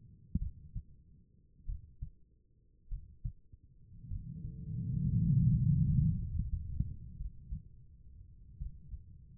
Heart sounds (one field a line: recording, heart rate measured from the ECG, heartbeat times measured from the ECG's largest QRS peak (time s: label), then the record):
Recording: heart sounds by stethoscope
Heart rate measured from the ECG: 51 bpm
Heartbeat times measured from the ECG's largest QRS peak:
0.39 s: heartbeat
1.66 s: heartbeat
2.89 s: heartbeat
4.08 s: heartbeat
5.23 s: heartbeat
6.15 s: heartbeat
7.16 s: heartbeat
8.57 s: heartbeat
From the record:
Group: healthy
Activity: rest 0-7 s, breath hold 7-9 s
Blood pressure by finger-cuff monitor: 98/55 mmHg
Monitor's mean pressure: 69 mmHg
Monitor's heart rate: 50 bpm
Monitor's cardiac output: 4.6 L/min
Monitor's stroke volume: 88 mL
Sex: female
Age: 36 years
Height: 163 cm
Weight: 88 kg